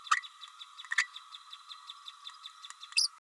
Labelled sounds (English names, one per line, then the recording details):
Green-rumped Parrotlet babbling
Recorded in a nest box in Venezuela
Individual 18B104A5